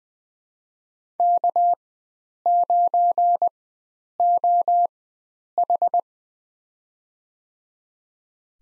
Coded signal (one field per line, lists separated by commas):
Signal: Morse code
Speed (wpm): 20 wpm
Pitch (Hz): 700 Hz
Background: none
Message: K9OH